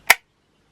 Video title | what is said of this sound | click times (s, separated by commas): Motorised signal from Dapol! | and you should hear a click when it goes in | 0.1 s